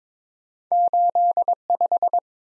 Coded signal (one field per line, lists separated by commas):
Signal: Morse code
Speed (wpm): 22 wpm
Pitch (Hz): 700 Hz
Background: none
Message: 85